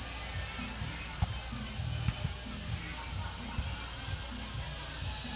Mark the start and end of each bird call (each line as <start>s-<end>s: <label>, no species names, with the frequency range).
0.00s-5.36s: bird call (0.4-4.4 kHz)